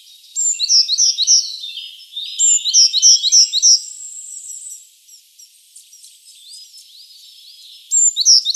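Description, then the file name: Eurasian blue tit giving repeated bursts of high, sharp notes in quick series, pausing, then resuming, with softer thin chirps and whistles between bursts. "Cyanistes caeruleus"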